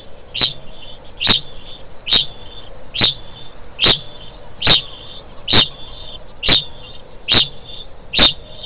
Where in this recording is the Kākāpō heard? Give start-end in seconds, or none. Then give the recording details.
0.00-8.65. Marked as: faintness 3/5. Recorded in New Zealand. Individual Stumpy